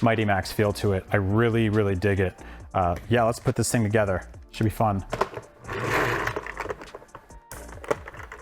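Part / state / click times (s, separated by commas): plastic playset piece into the toy playset base / seated / 7.9 s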